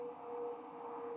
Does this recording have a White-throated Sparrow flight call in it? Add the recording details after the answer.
no. No flight call is heard. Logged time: 21:59 on 4 December 2014